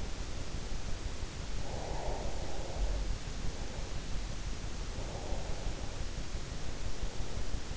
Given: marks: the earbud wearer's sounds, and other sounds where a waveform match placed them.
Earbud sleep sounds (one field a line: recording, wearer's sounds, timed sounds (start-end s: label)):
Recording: sounds in sleep by an in-ear microphone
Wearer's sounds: breath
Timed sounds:
1.35-3.35 s: breath
4.94-6.13 s: breath